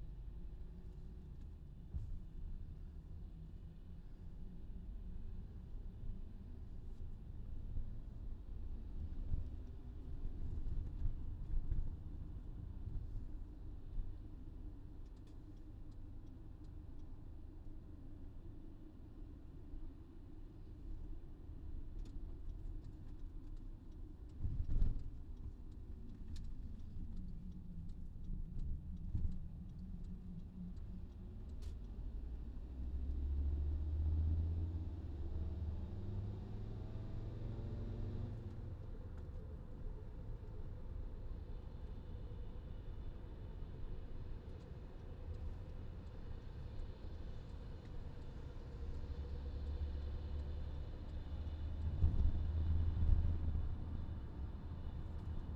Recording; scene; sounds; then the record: everyday scene through a hearing-aid microphone; in a vehicle; engine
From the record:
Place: VW T5 Caravelle, diesel engine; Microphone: in the ear canal, left